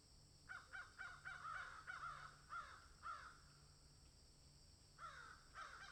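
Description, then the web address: Crows cawing, rapid bursts of harsh nasal caws, then a pause and more caws near the end, over a low hum and high hiss. Crows cawing in a field. "Debarup Travel Films - Crows Caw in Field"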